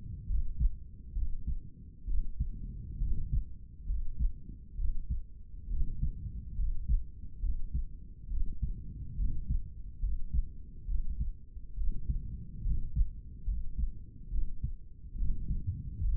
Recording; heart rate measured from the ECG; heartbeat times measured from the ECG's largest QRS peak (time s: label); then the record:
heart sounds by stethoscope; 69 bpm
0.30 s: heartbeat
1.16 s: heartbeat
2.08 s: heartbeat
3.02 s: heartbeat
3.89 s: heartbeat
4.79 s: heartbeat
5.71 s: heartbeat
6.59 s: heartbeat
7.43 s: heartbeat
8.31 s: heartbeat
9.19 s: heartbeat
10.03 s: heartbeat
10.89 s: heartbeat
11.78 s: heartbeat
12.66 s: heartbeat
13.48 s: heartbeat
14.32 s: heartbeat
15.19 s: heartbeat
16.04 s: heartbeat
From the record:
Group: healthy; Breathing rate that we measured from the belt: 19 breaths a minute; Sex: male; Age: 30 years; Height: 188 cm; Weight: 110.2 kg